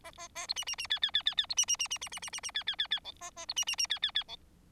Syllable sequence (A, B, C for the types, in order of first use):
A A A B C C C D D D D D B C C C C C C C C C D D D D E A A B C C C D D D E